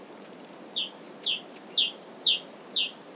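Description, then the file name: Great tit song, a steady see-sawing run of paired high and lower notes repeated about twice a second throughout. "Parus major"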